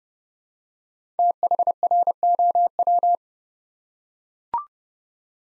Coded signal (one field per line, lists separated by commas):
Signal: Morse code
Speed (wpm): 28 wpm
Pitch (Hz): 700 Hz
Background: none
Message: THROW